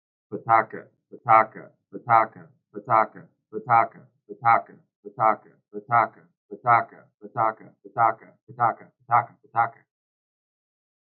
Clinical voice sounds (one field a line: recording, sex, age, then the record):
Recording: repeated syllables /pa ta ka/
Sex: male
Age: 20 to 29 years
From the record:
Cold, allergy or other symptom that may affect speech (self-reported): no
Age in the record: 29 years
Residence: Illinois, United States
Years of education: 20